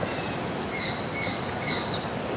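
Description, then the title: Tropical parula song: a run of very high, quick chirped notes merging into a fast shimmering trill, with faint lower whistled notes and steady background hiss. Subspecies alarum. "LuckyPassaro Completos2Sama. Tropical Parula (Setophaga pitiayumi alarum)"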